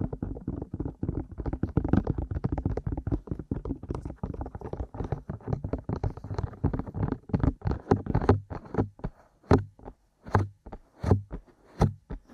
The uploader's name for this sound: Aggressive Ear Massage & Tapping